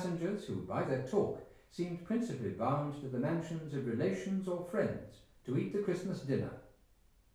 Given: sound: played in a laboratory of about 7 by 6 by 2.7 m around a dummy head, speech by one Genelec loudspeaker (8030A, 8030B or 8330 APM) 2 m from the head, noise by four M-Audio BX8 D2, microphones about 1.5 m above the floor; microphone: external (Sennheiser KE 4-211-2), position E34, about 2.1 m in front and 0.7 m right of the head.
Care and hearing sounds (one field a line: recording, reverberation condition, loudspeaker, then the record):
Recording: male speech in English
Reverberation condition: medium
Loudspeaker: 30 degrees to the left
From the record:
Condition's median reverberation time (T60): about 510 ms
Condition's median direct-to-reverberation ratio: about -0.5 dB